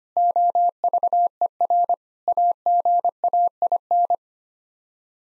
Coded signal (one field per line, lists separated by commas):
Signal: Morse code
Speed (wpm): 25 wpm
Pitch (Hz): 700 Hz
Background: none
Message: OVER AGAIN